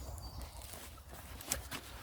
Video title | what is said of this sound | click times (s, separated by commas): CARRY WATER FREE OF THE PACK (Hyper Light Camping)...bexbugoutsurvivor | over it comes like that click into place down here | 1.5 s